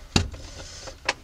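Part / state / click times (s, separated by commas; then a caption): fuel pump electrical connector into the fuel pump housing socket / not seated / none. A fuel pump electrical connector on a 2004 BMW M3 is slid along its tracks to the right and down toward the fuel pump housing socket. Two short handling knocks sound at about 0.2 and 1.1 seconds, with faint rubbing in between. Nothing has seated or clicked yet.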